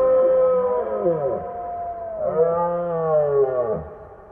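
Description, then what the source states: Deer stag roaring: two long, wavering, harmonic-rich moans that bend up and down, the second rising then sagging. Stags roaring during the autumn rut in the mountains of Scotland; sound altered with artistic licence to seem weirder and hazy.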